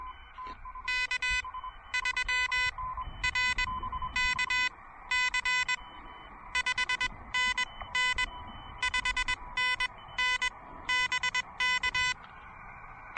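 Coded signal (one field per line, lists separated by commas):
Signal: Morse code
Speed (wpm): 20 wpm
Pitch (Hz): 2000 Hz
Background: none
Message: K3RKC 5NN 5NN BK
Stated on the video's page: Morse from a pedestrian mobile POTA park activation with an Elecraft KH1.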